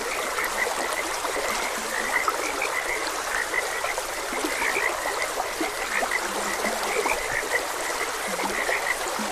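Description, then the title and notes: Frogs croaking in a dense chorus, short bright notes repeating rapidly over lower throaty croaks, with a steady rushing stream underneath. Frogs croaking beside a gentle stream. "Gentle Stream and Frogs Croaking - Calming Sounds of Nature. Sleep and Relaxation Podcast"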